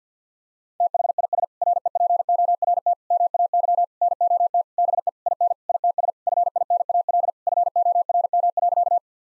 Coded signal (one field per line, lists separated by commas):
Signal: Morse code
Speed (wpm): 49 wpm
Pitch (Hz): 700 Hz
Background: none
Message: THIS REPORT MAY NOT BE IN ITS FINAL FORM.